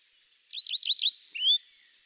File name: Pipit des arbres